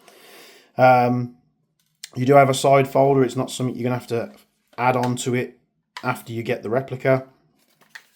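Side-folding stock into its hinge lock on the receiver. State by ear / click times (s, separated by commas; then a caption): seated / 8.0 s. Someone talks while the side-folding stock of a KWA Beretta PMX GBB airsoft replica SMG is swung into position against its hinge lock on the receiver. It latches with a sharp click at 8.0 s, and the stock locks into place.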